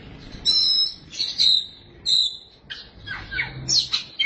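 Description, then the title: Oriental magpie-robin with clear whistled notes and richer scratchy phrases, sung in quick irregular succession over a low background hum. Chirping song (kicauan) of the bird. "Suara Kicauan Burung Kacer Durasi Panjang"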